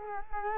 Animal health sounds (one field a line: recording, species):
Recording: mosquito wingbeat signal from an infrared sensor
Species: Culex quinquefasciatus